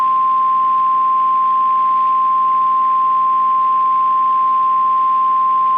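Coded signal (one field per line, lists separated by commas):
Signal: Emergency Alert System (SAME) tones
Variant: 853 and 960 Hz attention tone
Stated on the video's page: Re-creation (mock) of a tornado warning alert.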